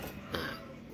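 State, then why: Seated. With the scooter switched off and the handlebar turned to the left, the electric steering lock bolt engages into the steering column with a single sharp click at 0.4 s, confirming the lock is set. Low background noise runs throughout the clip.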